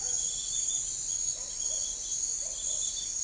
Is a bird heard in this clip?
no